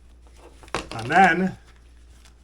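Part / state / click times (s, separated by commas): action camera into magnetic quick-release mount / seated / 0.8 s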